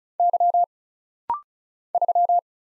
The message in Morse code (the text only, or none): Y 3